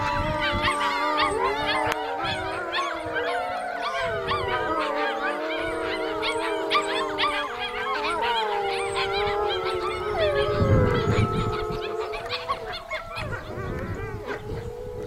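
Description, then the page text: Iberian wolf: a group of wolves howling together, long wavering tones overlapping with many short yelping notes. "IHMC Public Cmaps (3). Lobos Aullando - Howling Wolves. COLEGIO SANTA FAZ-SAN VICENTE DEL RASPEIG (ALICANTE) ESO2 MARIO SAEZ FAUNA IBERICA FAUNA IBERICA Lobo ibérico"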